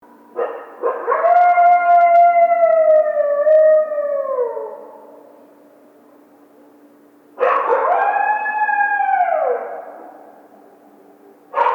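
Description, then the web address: Coyote howls, two long drawn-out tones falling in pitch at the end, separated by a quiet pause, with a third starting at the end. Howl, recorded 1 February 2010. "Coyote 2010 02 01 howl"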